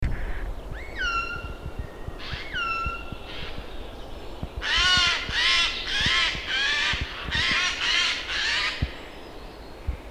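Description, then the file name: Eurasian jay calling: two drawn-out rising mewing notes, then a series of harsh rasping screeches roughly every 0.6 seconds over steady background noise. "Garrulus glandarius"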